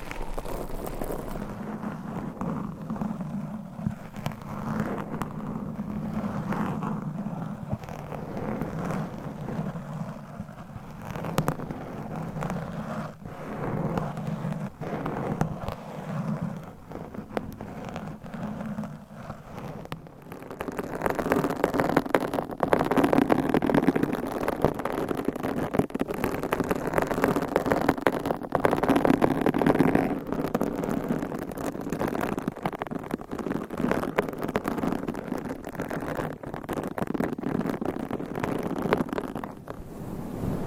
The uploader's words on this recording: ASMR Mic Scratching That Changes Every 20 Seconds ASMR for ADHD - No Talking.